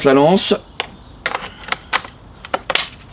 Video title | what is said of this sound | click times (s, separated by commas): KÄRCHER K7 SMART CONTROL | Vous entendez le clic et c'est fait. | 0.8 s, 1.3 s